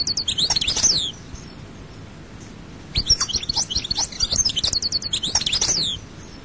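European goldfinch song: a short twittering burst, a pause, then a longer run of bright, liquid chattering notes.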